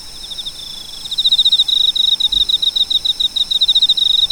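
Cricket giving a steady run of fast, high, pulsed chirps that swell in loudness after the first second and continue to the end.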